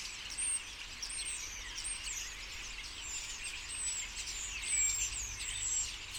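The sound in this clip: Common starlings chattering as a flock, a dense mix of high whistles, squeaks and clicks with several thin downslurred whistles standing out.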